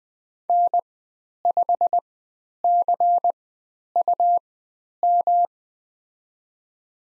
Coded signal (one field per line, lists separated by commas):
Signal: Morse code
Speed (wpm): 20 wpm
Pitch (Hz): 700 Hz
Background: none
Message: N5CUM